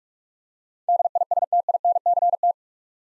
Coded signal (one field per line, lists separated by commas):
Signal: Morse code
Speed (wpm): 46 wpm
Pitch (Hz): 700 Hz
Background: none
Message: DISTINCT